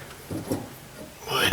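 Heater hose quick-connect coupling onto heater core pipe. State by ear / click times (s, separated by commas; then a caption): not seated / none. A heater hose quick-connect coupling on a Dodge Ram is handled at the heater core pipe, with faint low rustling and thumps around 0.3 to 0.6 seconds. A louder, rising scraping rub builds from about 1.3 seconds to the end. Nothing has seated or clicked yet.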